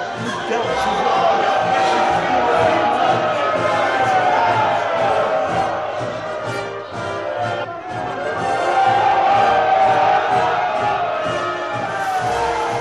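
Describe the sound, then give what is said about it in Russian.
A large crowd on the quays roars and cheers continuously as a frigate departs and maneuvers out to sea, a dense wash of many voices with shouts rising and falling, dipping briefly midway before swelling again. “Народ приветствовал Авраама Линкольна, пока он маневрировал, выходя в море.”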